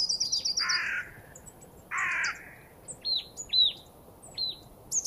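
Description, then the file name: Marsh tit calls: two harsh, buzzy nasal notes, with thin high squeaky notes and short downslurred chips around them. "Poecile palustris"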